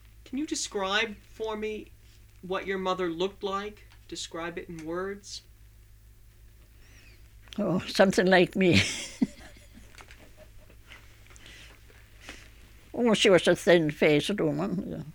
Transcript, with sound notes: Can you describe for me what your mother looked like, describe it in words?
Oh, something like me. (she laughs) Oh, she was a thin faced woman.